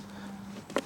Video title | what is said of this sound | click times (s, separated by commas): ShredLights SL1000 & SL200 Review | and then it clicks into place very very simple | 0.8 s